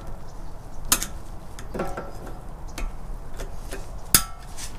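A steel C-clip snap ring is spread with snap ring pliers and worked onto an upper ball joint on a control arm, with a sharp metallic tick at 0.9 s and a few fainter clicks and scrapes along the way. The loudest, sharpest snap at 4.1 s is the ring seating into its groove under the bottom flange.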